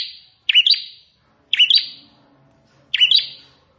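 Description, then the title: Plain prinia song: three sharp, buzzy chirps spaced one to one and a half seconds apart, each with a brief fading tail, over a quiet background. "Ciblek Sawah"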